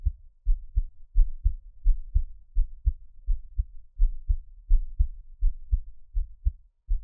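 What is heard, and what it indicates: Steady paired low thumps, lub-dub, repeat at about 85 beats a minute in a regular rhythm, with a soft low hum between beats. It is the creator's own adult heartbeat, recorded close up for ASMR listening, with no talking.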